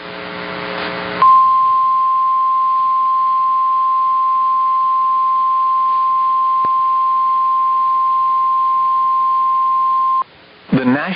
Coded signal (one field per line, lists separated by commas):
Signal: Emergency Alert System (SAME) tones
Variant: 1050 Hz attention tone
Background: speech